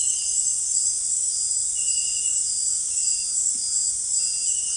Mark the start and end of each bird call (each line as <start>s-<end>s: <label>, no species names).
1.39s-4.76s: bird call